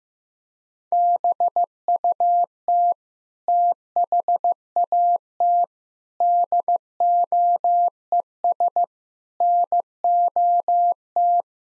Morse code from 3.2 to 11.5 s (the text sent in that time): THAT DOES NOT